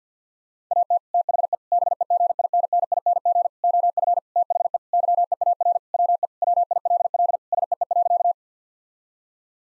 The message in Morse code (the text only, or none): AT THE BEGINNING OF THE YEAR WE WILL SEE.